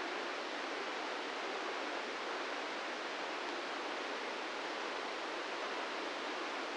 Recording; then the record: brain microelectrode recording played as sound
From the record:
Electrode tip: inside the subthalamic nucleus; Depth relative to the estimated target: -2 mm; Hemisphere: left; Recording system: NeuroSet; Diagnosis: Parkinson's disease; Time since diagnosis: 13 years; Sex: male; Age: 66 years